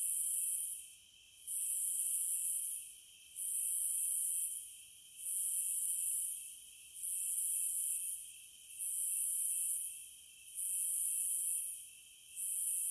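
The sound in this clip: Cicada song, high rasping buzz bursts of about one and a half seconds repeating steadily with short gaps, a continuous lower insect hum beneath.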